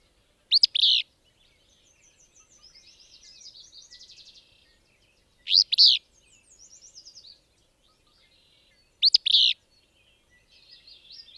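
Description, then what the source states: Willow Flycatcher singing three explosive, buzzy two-part phrases several seconds apart, with soft chattering trills between them. Same individual as a previous recording, recorded at a range of about 20 feet.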